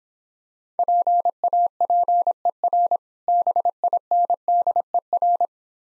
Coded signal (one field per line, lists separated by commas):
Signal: Morse code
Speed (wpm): 26 wpm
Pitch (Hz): 700 Hz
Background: none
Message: PAPER BINDER